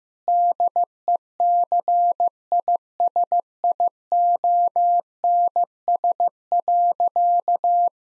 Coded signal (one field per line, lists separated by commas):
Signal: Morse code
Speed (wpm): 15 wpm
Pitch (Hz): 700 Hz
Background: none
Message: DECISIONS.